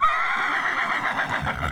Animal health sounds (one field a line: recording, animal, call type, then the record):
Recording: contact call of a hoofed animal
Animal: horse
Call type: whinny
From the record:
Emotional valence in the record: positive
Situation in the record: reunion with one group member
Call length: 1.72 s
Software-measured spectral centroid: 2010 Hz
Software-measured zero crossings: 2880 a second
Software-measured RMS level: -24 dBFS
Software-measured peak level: -9 dBFS